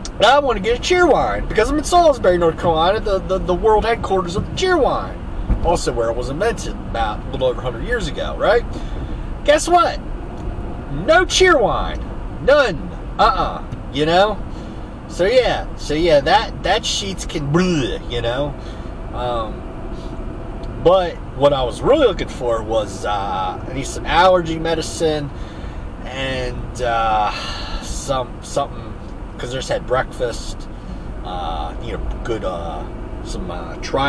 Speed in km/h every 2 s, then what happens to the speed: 74, 74, 74, 74, 74, 72, 69, 68, 66, 68, 68, 68, 69, 69, 64, 64, 66.
0-9 steady at about 74. 9-15 slows to 66. 15-34 steady at about 68.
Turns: none.